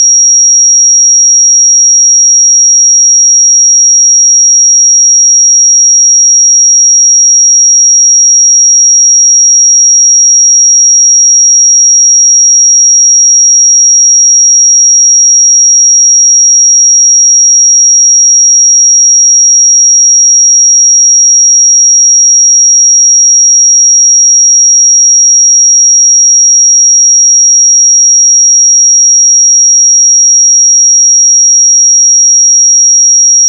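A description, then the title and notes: A pure sine tone at 5656 Hz holds perfectly steady for the whole clip, a single thin, bright, high whistle with nothing else around it. Its loudness never changes, and there is no background sound at all. 5656 Hz 1 Hz Interval Sine Pure Tone Frequency 441000 Sample Mono.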